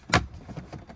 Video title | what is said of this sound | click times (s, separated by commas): Ford F-150/Expedition Digital Odometer Repair | pops right into place like that | 0.1 s